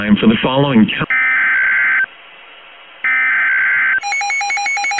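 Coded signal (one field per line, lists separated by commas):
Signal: Emergency Alert System (SAME) tones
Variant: header bursts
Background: speech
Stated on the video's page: Fictional EAS scenario said to contain valid EAS tones.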